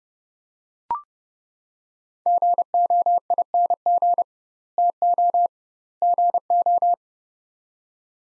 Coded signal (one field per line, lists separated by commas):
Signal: Morse code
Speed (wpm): 31 wpm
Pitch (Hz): 700 Hz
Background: none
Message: GOING TO GO